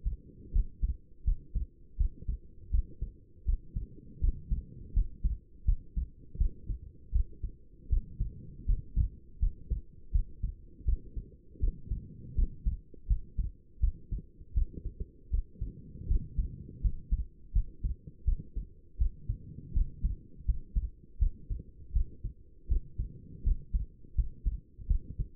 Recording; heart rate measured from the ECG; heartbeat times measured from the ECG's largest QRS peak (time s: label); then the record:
heart sounds by stethoscope; 81 bpm
0.52 s: heartbeat
1.25 s: heartbeat
1.97 s: heartbeat
2.71 s: heartbeat
3.46 s: heartbeat
4.21 s: heartbeat
4.94 s: heartbeat
5.65 s: heartbeat
6.38 s: heartbeat
7.12 s: heartbeat
7.89 s: heartbeat
8.66 s: heartbeat
9.40 s: heartbeat
10.12 s: heartbeat
10.85 s: heartbeat
11.60 s: heartbeat
12.35 s: heartbeat
13.08 s: heartbeat
13.81 s: heartbeat
14.54 s: heartbeat
15.31 s: heartbeat
16.08 s: heartbeat
16.82 s: heartbeat
17.53 s: heartbeat
18.25 s: heartbeat
18.98 s: heartbeat
19.73 s: heartbeat
20.46 s: heartbeat
21.19 s: heartbeat
21.93 s: heartbeat
22.68 s: heartbeat
23.44 s: heartbeat
24.15 s: heartbeat
24.88 s: heartbeat
From the record:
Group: healthy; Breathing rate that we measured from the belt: 15 breaths a minute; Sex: female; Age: 37 years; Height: 168 cm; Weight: 70 kg